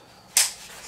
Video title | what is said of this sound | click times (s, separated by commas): Das erste mal Spazieren mit unserem Sohn + wir verraten seinen Namen | ich habe das jetzt irgendwie so verstanden, man soll am besten hier oben schon mal einklipsen. So, | 0.4 s